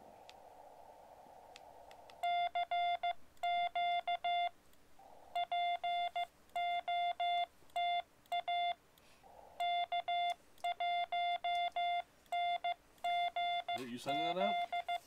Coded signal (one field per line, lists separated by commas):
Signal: Morse code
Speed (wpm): 15 wpm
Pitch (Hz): 700 Hz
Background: speech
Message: CQ POTA K1NGZ